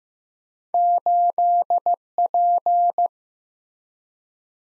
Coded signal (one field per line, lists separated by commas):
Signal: Morse code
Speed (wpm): 15 wpm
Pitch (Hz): 700 Hz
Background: none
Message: 8P